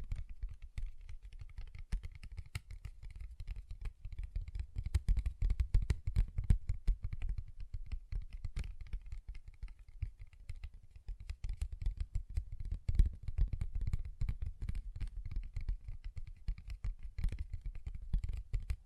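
Fingers tap and scratch on a paper bag in quick, uneven bursts, dense clicks and rustles running the whole time. The sound is mostly low and dull with a papery crackle on top, busiest around five to seven seconds and again after twelve.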